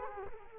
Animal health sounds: mosquito wingbeat signal from an infrared sensor; Culex quinquefasciatus

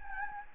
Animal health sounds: mosquito wingbeat signal from an infrared sensor; Anopheles gambiae

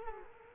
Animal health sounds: mosquito wingbeat signal from an infrared sensor; Culex quinquefasciatus

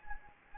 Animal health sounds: mosquito wingbeat signal from an infrared sensor; Anopheles gambiae

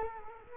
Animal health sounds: mosquito wingbeat signal from an infrared sensor; Culex quinquefasciatus

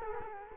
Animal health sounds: mosquito wingbeat signal from an infrared sensor; Culex quinquefasciatus

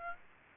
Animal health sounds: mosquito wingbeat signal from an infrared sensor; Aedes aegypti

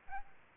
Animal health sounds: mosquito wingbeat signal from an infrared sensor; Aedes albopictus

